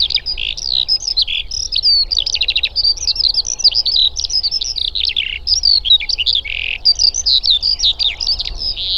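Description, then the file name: Eurasian skylark in continuous flowing song, crowded high chirps, short trills and buzzy rattles following each other rapidly. "alauda arvensis"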